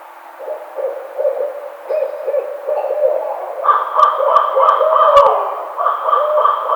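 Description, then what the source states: Barred owl calls: a run of choppy, low hooting notes, then louder wavering, higher-pitched whooping cries with a few sharp clicks in the second half. Recorded on 4 May 2009.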